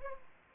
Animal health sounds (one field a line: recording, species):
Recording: mosquito wingbeat signal from an infrared sensor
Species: Culex pipiens